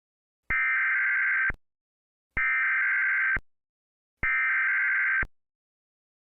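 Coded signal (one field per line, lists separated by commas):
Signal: Emergency Alert System (SAME) tones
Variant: header bursts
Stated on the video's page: Fictional scenario alert in Portuguese, not real, made for fun.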